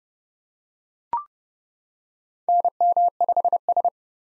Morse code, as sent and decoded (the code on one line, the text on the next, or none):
-. -- ..... ...
NM5S